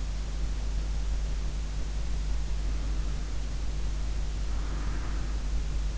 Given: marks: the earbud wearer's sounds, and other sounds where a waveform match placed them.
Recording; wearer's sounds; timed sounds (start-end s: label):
sounds in sleep by an in-ear microphone; breath
2.54-5.23 s: breath